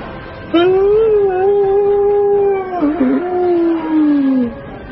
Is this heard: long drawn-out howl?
yes